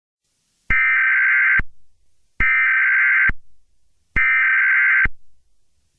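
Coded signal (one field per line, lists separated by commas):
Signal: Emergency Alert System (SAME) tones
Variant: header bursts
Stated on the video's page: EAS broadcast aired on a network during an episode of a skit show.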